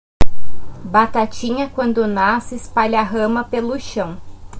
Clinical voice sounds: short text; Brazilian Portuguese; female; 20 to 29 years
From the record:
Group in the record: control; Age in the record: 29 years

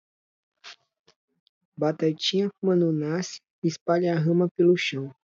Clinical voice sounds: short text; Brazilian Portuguese; male; 18 to 19 years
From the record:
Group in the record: control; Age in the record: 18 years

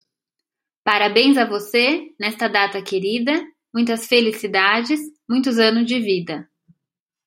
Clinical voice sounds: short text; Brazilian Portuguese; female; 50 to 59 years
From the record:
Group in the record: control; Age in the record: 57 years

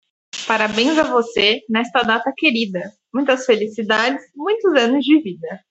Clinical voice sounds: short text; Brazilian Portuguese; female; 20 to 29 years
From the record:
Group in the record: control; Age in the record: 24 years

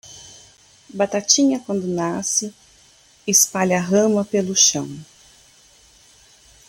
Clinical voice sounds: short text; Brazilian Portuguese; female; 30 to 39 years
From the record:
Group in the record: control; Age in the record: 37 years

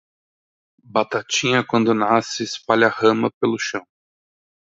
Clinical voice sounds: short text; Brazilian Portuguese; male; 30 to 39 years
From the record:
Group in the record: control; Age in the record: 34 years

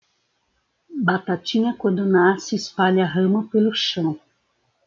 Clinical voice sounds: short text; Brazilian Portuguese; female; 50 to 59 years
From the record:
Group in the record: control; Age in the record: 59 years

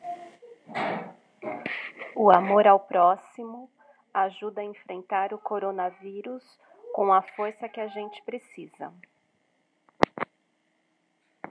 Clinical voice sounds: spoken sentence; Brazilian Portuguese; female; 40 to 49 years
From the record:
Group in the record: control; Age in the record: 41 years

